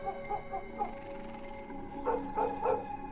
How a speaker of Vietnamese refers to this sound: Con Mích đứng ở ngoài hiên, nó như cũng nhận biết tình thế nguy hiểm mà nó sủa lên ghê lắm, như điên như cuồng vậy.